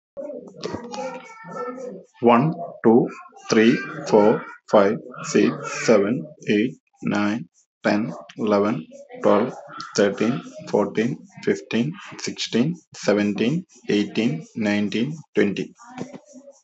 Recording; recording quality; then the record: counting at a normal pace; excellent, no background noise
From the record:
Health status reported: healthy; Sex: male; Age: 36 years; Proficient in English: yes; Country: India